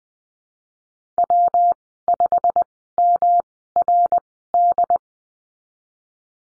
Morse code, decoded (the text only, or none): W5MRD